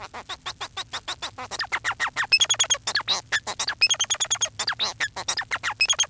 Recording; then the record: song of a male Bengalese finch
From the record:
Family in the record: son of father 4